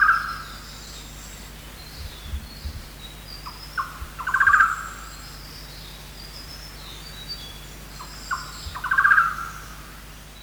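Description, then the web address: Golden-naped barbet calling: short separate notes leading into a quick burst of notes, heard twice in full after another at the start, with a steady low hum beneath. Recorded on 1 March 2008. "KNPHQ 20080301. golden-naped barbet"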